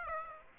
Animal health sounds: mosquito wingbeat signal from an infrared sensor; Aedes aegypti

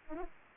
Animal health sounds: mosquito wingbeat signal from an infrared sensor; Anopheles gambiae

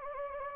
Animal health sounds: mosquito wingbeat signal from an infrared sensor; Anopheles gambiae

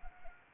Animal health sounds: mosquito wingbeat signal from an infrared sensor; Anopheles arabiensis

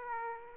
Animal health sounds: mosquito wingbeat signal from an infrared sensor; Aedes aegypti

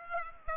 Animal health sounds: mosquito wingbeat signal from an infrared sensor; Aedes aegypti

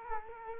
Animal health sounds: mosquito wingbeat signal from an infrared sensor; Culex quinquefasciatus

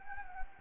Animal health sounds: mosquito wingbeat signal from an infrared sensor; Anopheles gambiae

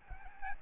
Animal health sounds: mosquito wingbeat signal from an infrared sensor; Aedes albopictus

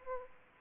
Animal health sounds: mosquito wingbeat signal from an infrared sensor; Aedes aegypti

